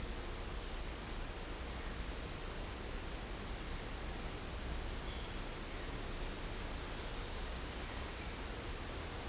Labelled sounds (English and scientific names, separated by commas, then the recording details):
none
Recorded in dense forest near Puerto Asís, Putumayo, Colombia, on 16 December 2024 at 16:30
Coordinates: 0.499, -76.324
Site G045